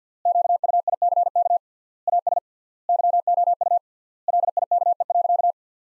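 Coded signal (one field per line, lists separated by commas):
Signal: Morse code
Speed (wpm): 47 wpm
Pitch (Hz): 700 Hz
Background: none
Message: QUICK AS YOU LIKE.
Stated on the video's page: Morse sentences built from the top 500 words at 50 wpm with 3x standard word spacing, a word-level analogue of Farnsworth spacing, for head-copy practice.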